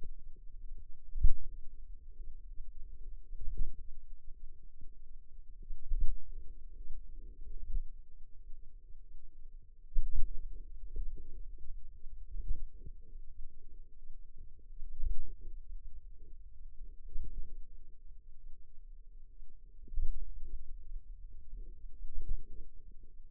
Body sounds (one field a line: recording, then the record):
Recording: forearm muscle sounds (acoustic myography)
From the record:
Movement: pen grasping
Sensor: system 2, bracelet of six BSWA MPA416 microphones around the upper forearm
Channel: 5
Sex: female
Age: 22 years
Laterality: right